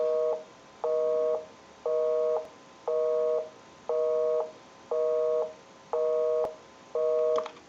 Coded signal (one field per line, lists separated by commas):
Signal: telephone call progress tone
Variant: North America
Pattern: busy tone